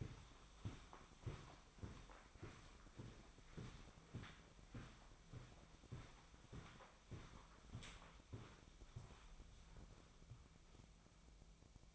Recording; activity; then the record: daily activity, microphone in the room; walk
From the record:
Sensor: 1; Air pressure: 1009.4 hPa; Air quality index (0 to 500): 186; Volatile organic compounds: 4 ppm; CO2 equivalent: 1568 ppm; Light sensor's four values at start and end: 51/140/57/69 and 52/139/57/70